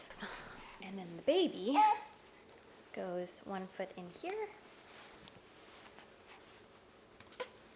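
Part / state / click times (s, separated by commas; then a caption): baby carrier front panel into carrier harness / seated / 7.2 s, 7.3 s, 7.4 s. With a baby placed in the carrier, the front panel of the baby carrier is brought up and fastened into the carrier harness while someone talks. It snaps into place with clicks at 7.2, 7.3 and 7.4 seconds, and the panel is seated.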